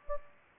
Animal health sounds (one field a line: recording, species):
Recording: mosquito wingbeat signal from an infrared sensor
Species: Anopheles gambiae